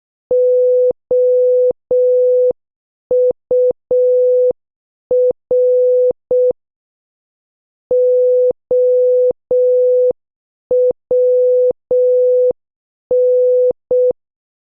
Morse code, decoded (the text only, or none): OUR OWN